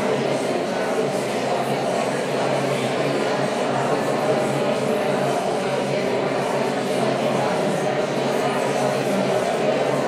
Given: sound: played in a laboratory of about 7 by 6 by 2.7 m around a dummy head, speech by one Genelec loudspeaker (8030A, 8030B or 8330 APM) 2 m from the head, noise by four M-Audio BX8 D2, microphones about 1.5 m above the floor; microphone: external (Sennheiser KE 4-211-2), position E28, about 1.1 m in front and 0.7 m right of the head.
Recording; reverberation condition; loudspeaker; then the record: babble noise; high; four, about 170 cm from the corners of the room and facing them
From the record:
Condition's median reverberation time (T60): about 1300 ms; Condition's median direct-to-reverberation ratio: about -4.0 dB